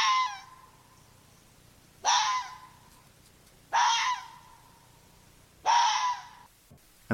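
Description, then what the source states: Red fox barks: loud, raspy screeching yelps about every two seconds, each dropping into a short lower tail. Three full calls, one cut off at the start and another beginning at the end. Common red fox vocalization described as its bark, though it does not sound much like a bark.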